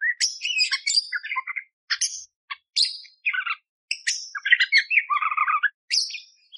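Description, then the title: Budgerigar chattering song made of quick squeaky chirps, buzzy notes and a low grating passage near the end, delivered in short broken bursts. Masteran recording for training songbirds: clear, energetic, rough shot-like fill phrases, suited to tutoring magpie-robins; one hour long. "Masteran Burung Parkit Gacor Jernih Full Isian Tembakan Kasar Cocok Buat Kacer"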